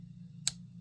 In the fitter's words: nice click into the closed position and then we have can we see it here